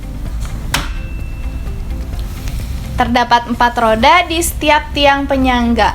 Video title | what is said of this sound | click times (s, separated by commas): Jenis, Manfaat & Tips Memilih Bed Pasien✅ Review Bed Pasien Manual 3 Crank SELLA✨ | kalau mau dinaikkan tinggal kita tarik Sampai bunyi itu artinya sudah terkunci ya | 0.8 s